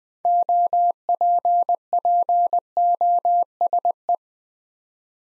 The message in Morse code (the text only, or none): OPPOSE